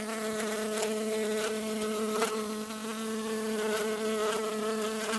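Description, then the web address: Bee giving a continuous low, even buzz with rich overtones, holding a steady pitch for the whole stretch with faint clicks behind it. "пчела"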